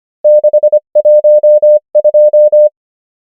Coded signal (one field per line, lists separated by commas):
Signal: Morse code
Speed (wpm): 25 wpm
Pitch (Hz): 600 Hz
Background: none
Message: 6 1 2